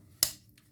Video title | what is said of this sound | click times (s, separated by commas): Sog Terminus | what else should we talk about well the snap for one thing is really nice | 0.2 s